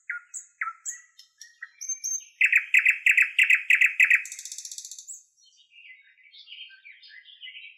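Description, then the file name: Nightingale song: whistled notes, then a loud rapid series of repeated buzzy pulses, a high churring trill, and softer scratchy phrases trailing off. "solovey"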